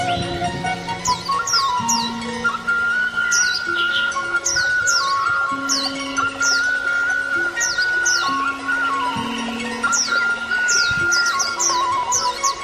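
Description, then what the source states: Oriental magpie-robin song of repeated high, slurred chirps in quick groups of two to four, with a constant tonal hum below. Song (kicau).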